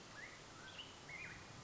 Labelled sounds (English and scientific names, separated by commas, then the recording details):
Mountain Quail (Oreortyx pictus)
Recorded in Sonoma County, California